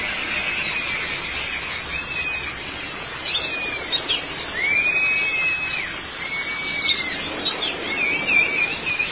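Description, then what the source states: White-eye song, rapid high twittering overlaid with several clear slurred whistles that rise and fall, repeated at irregular intervals. Singing, in a long-duration recording.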